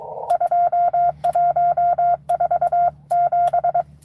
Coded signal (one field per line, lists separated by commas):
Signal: Morse code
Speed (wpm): 23 wpm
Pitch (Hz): 700 Hz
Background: radio noise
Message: 2147